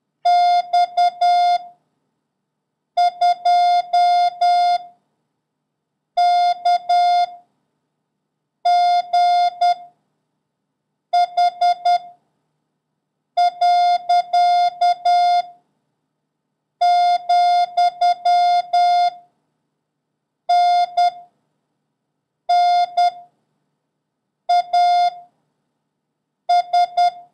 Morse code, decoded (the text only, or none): X 2 K G H . , N N A S